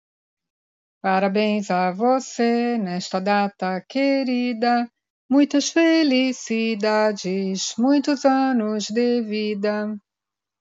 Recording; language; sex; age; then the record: short text; Brazilian Portuguese; female; 50 to 59 years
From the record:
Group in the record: control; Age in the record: 54 years